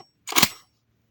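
The charging handle of an Üzümlü Magnum FMT-12 shotgun is pulled back and released, and the metal bolt snaps forward into battery in the receiver to chamber a shell. A sharp double metallic clack is heard, two quick hits both at about 0.4 s. The bolt is seated and the gun is ready to fire.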